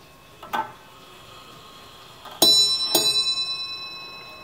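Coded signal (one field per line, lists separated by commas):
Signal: ship's bell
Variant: ship's bell clock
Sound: a soft click, then two quick bell strikes as a pair, ringing and fading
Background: quiet room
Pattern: 2 strikes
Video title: SCHATZ TOP Clock Germany Royal Mariner Ships BELL Nautical Chime Bell Wall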